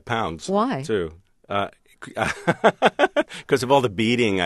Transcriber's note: soundbite of laughter